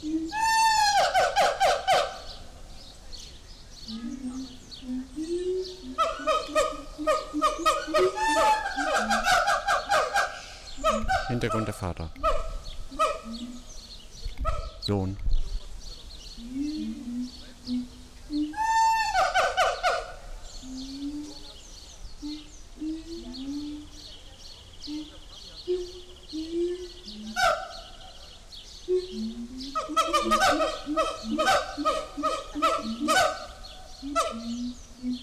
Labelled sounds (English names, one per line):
Siamang